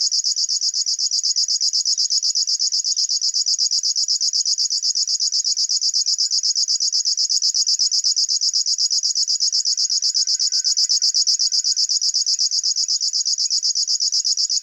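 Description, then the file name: River warbler, an unbroken cricket-like reeling song of rapid, evenly spaced buzzy pulses; a faint other bird call briefly in the background. "Schlagschwirl - Locustella fluviatilis"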